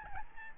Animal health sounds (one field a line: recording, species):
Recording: mosquito wingbeat signal from an infrared sensor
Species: Aedes albopictus